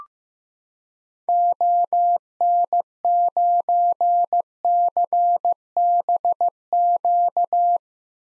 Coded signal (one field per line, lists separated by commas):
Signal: Morse code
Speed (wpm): 15 wpm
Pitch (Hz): 700 Hz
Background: none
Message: ON9CBQ